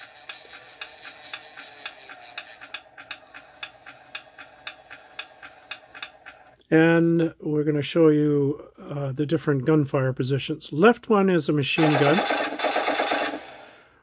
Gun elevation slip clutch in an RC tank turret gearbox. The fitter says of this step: if you hear the clicking that's the clutch that means it's at the maximum